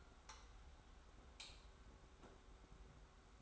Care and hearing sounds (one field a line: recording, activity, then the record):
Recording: daily activity, microphone in the room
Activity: light on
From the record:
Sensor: 3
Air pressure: 991.0 hPa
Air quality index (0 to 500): 113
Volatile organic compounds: 66 ppm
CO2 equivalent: 3480 ppm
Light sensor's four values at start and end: 36/85/34/32 and 38/94/38/35